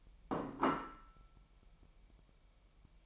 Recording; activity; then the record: daily activity, microphone in the room; place plate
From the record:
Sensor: 1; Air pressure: 1002.0 hPa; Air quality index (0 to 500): 242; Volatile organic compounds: 47 ppm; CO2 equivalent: 3255 ppm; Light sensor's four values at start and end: 8/28/10/11 and 8/28/10/11